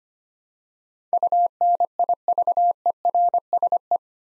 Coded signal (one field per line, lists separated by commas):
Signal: Morse code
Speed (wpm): 25 wpm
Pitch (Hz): 700 Hz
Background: none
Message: UNIVERSE